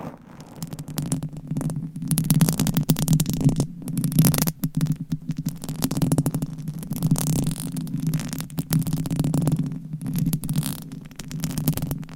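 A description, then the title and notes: Scratching of nails across microphone covers, a dense continuous rasp with rapid rubbing strokes and brief gaps. A low, thick rumble runs underneath throughout, heavy and throbbing, while crisp bright scraping flickers on top and swells and dips in loudness. Mic Scratching - Brain Scratching with 50 DIFFERENT MICS Covers & Nails.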